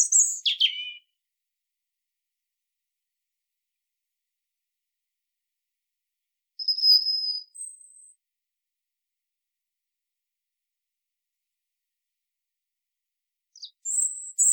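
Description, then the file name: European robin fragments: a brief high twitter at the start, a thin whistled note after six seconds, and another high snippet at the end, long silences between. "Erithacus rubecula"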